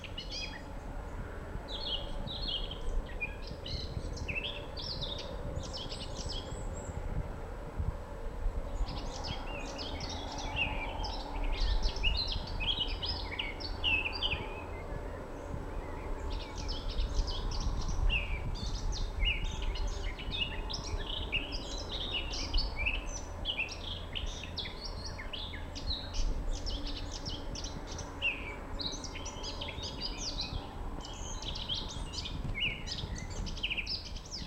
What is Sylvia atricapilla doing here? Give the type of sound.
song